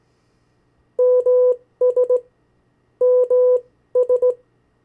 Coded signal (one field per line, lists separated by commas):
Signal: Morse code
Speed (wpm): 17 wpm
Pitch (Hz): 500 Hz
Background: none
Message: MS MS